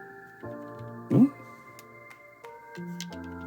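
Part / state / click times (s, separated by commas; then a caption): wide angle lens attachment into its storage holder / not seated / none. Someone presses the clip-on wide angle lens accessory for a DJI Osmo Pocket 3 into its small storage holder while music plays throughout. A louder rustling burst comes at about 1.1–1.3 s, followed by small, faint ticks at about 1.8, 2.5 and 3.0 s. The lens does not snap into the holder, and nothing has seated or clicked yet.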